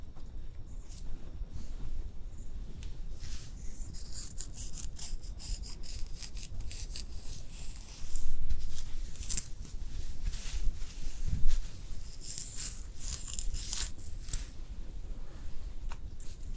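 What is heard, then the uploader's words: Soft brushing and scraping through hair with rapid crisp strokes and faint hissing, denser and louder around eight and eleven seconds. ASMR Hair Styling Brushing and Curling w Steam (Layered + No Talking).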